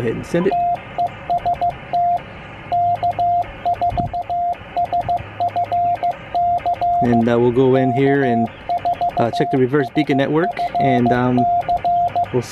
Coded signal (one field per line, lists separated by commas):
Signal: Morse code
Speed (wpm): 15 wpm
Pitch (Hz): 700 Hz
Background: speech, radio noise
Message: TEST K4SFC K4SFC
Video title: QRPGuys triband vertical antenna deployment. How I deploy mine.